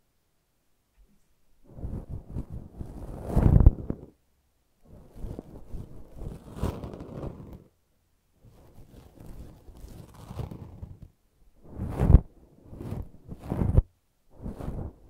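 Brushing and scratching come in separate bursts of a second or two, with silent gaps between them. Each burst is a dense, rough rasp that swells and fades, with a few sharper scrapes near 3.5, 12 and 14 seconds.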